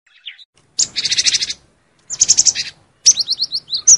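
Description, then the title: Lovebird shrill calls: a faint note, then two dense trilled bursts of high chirps, followed by a run of sharp descending squeaks. Lure call used for trapping birds. "PIKAT BURUNG LOVEBIRD"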